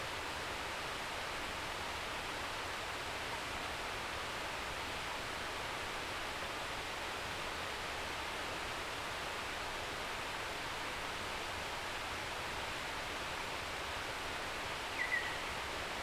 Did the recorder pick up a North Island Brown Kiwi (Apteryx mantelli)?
no